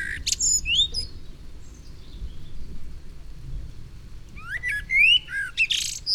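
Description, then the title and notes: Common Blackbird song: clear whistled slurs and high squeaky twitters in two bursts, a quiet gap between them, with a faint low rumble behind. Recorded in June 1999 at Massignieu-de-Rives, France, during a thunderstorm; Tascam DAP-1 recorder with Télingua microphone, edited in Samplitude 5.1. "21 Route du Mollard, 01300 Massignieu-de-Rives, France - juin 1999 orage et merle. Merle et orage, puis grillons"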